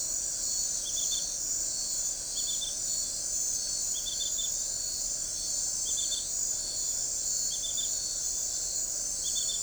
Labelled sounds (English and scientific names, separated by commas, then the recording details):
none
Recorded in forest near Pivijay, Magdalena, Colombia, on 2 June 2023 at 23:00
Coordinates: 10.467, -74.380
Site Z5-G034